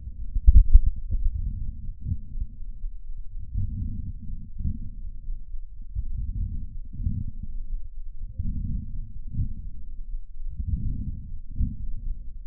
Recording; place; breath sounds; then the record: lung sounds by stethoscope; right anterior middle chest; crackles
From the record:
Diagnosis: heart failure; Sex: male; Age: 26 years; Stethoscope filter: bell mode, 20 to 200 Hz